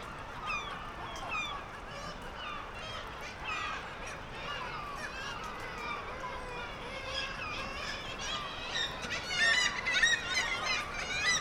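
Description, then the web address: Black-legged kittiwake calls, nasal rising cries repeated rapidly among many birds, the chorus swelling louder near the end. "sound Black-legged-kittiwake. صدای-پرنده-کاکایی-پاسیاه"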